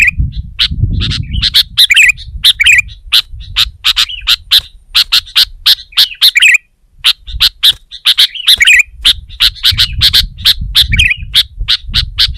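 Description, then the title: Sooty-headed bulbul singing rapid chirpy, bubbling phrases with a short pause midway, over low background rumble. "kutilang"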